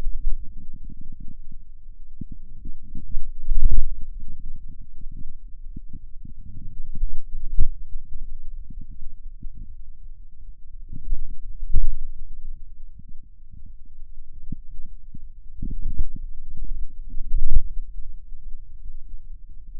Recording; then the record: forearm muscle sounds (acoustic myography)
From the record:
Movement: wrist extension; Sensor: system 2, bracelet of six BSWA MPA416 microphones around the upper forearm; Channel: 5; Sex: male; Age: 22 years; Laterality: right